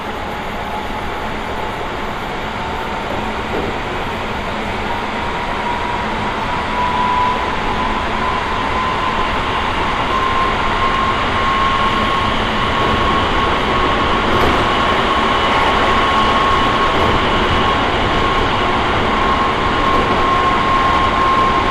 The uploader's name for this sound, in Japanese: 北総鉄道→都営浅草線 東松戸→人形町